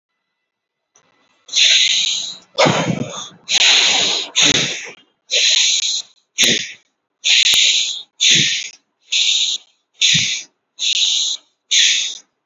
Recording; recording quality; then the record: deep breathing; excellent, no background noise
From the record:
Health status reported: healthy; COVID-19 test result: not tested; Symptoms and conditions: none ticked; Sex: male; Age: 41 years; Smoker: not ticked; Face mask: not worn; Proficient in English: yes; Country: India